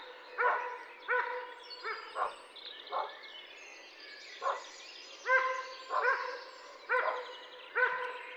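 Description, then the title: Dog barking in short single woofs, about ten over eight seconds at an uneven pace. Leashed dog heard far off, recorded in spring near Massignieu-de-Rives, France; Tascam DAP-1 recorder with Télingua microphone. "147 Route de la Tuilerie, Massignieu-de-Rives, France - chien en laisse au loin et oiseaux de printemps."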